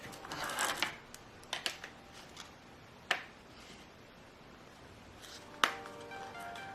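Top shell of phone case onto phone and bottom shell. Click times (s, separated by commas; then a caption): 3.1 s, 5.6 s. The waterproof plastic top half of a Lifeproof FRE case for an iPhone 11 Pro Max is pressed onto the phone and the lower shell, with soft handling rustles and taps under music. Sharp snaps ring out at 3.1 s and 5.6 s as the top half clicks into place, the snap confirming the case is fully closed.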